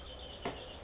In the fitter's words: And again, you can hear it clicking into place.